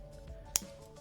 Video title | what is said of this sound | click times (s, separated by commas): Transformers Review: Buzzworthy Studio Series 74 Bumblebee & Sam | may need to move this out of the way a little bit to get it but you'll hear kind of click into place | 0.6 s